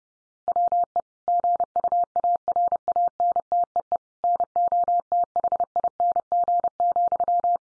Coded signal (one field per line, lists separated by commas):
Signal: Morse code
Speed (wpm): 30 wpm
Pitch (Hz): 700 Hz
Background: none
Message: WE GUARANTEE NOTHING,